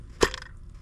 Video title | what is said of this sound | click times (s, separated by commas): How to change oil filter housing 2012 Chrysler 300 3.6l v6 (3.6L v6 Pentastar engine) #automobile | And it just snapped right in right there. | 0.3 s, 0.4 s